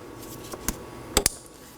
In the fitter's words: Make sure you hear an audible click and make sure it doesn't wiggle.